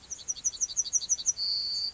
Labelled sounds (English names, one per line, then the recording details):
Yellowhammer song
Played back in grassland
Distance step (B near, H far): E
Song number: 124